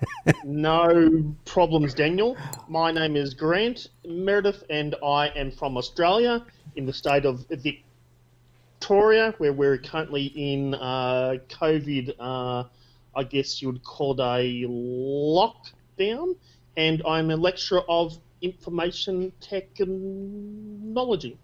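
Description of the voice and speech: An adult man from Australia introduces himself with a prolonged sound, silent blocks mid-word and fillers, typical of stuttered speech.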